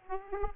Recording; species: mosquito wingbeat signal from an infrared sensor; Aedes aegypti